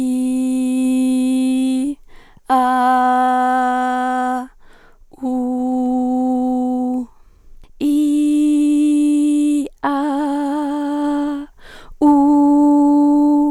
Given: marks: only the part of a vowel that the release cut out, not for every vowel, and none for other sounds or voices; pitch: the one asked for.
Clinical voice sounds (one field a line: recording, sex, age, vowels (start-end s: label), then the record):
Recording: sustained vowels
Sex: female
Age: 20 to 29 years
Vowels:
0.00-1.81 s: vowel /i/, normal pitch
2.60-4.39 s: vowel /a/, normal pitch
5.28-6.89 s: vowel /u/, normal pitch
7.91-9.55 s: vowel /i/, high pitch
9.92-11.04 s: vowel /a/, high pitch
12.12-13.30 s: vowel /u/, high pitch
From the record:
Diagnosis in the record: singing voice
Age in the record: 23 years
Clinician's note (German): Ausgebildet, stroboskopisch ohne Befund, subj. "zu hohe mittlere Sprechstimmlage"